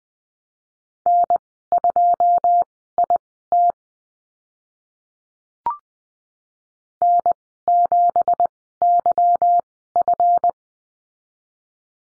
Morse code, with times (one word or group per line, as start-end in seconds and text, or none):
1.1-3.7 N2IT
7.0-10.5 N7YF